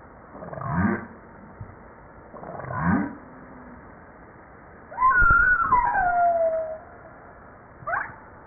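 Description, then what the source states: Humpback whale song: two low upsweeping grunts, then a long descending whistled moan with harmonics, followed by a short rising upsweep. Recorded 5 March 1994.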